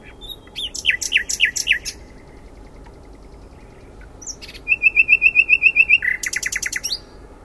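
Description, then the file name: Common nightingale song: a series of swooping whistled notes, a pause, then a fast rattling run of repeated notes and a closing burst. "Luscinia megarhynchos"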